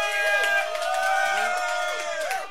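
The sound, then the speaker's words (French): An audience at the 2018 CKRL radiothon evening cheers and whoops steadily, with sustained high-pitched voices ringing over a bed of clapping that stays loud throughout the short burst. “Et parmi nous ce soir, une bonne main d'applaudissements.”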